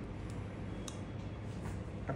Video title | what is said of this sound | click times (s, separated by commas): दात सरळ करा आता कोणालाही न कळू देता? Straighten Your Teeth Without Anyone Knowing! | आवाज येतो बसल्याचा बरोबर | 0.9 s